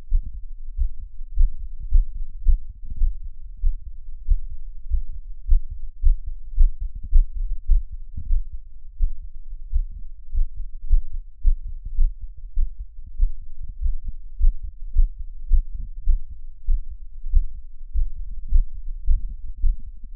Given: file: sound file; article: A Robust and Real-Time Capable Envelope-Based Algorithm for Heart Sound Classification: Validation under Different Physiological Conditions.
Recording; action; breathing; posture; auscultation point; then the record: heart sounds by electronic stethoscope; after 5 min of sport; deep; sitting; Erb’s point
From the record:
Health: healthy, no known heart disease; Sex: male